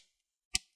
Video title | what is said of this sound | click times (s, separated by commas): Dell Vostro 14 3000 - 3490 UPGRADE M.2 NVME SSD | push the rest, make sure you hear those clicks. | 0.6 s